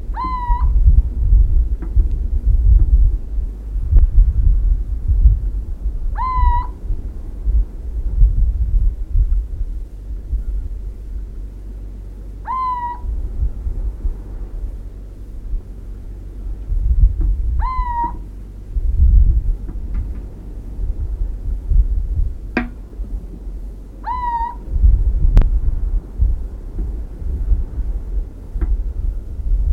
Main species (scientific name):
Athene noctua